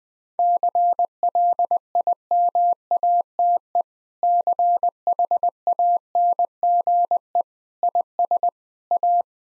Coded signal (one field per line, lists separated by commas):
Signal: Morse code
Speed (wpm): 21 wpm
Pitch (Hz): 700 Hz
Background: none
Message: CLIMATE CHANGE IS A